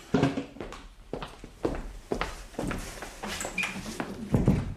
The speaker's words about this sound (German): Warten Sie, ich mache die Tür zu.